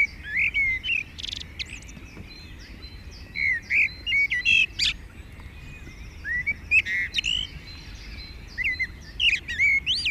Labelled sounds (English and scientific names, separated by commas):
Common Blackbird (Turdus merula) song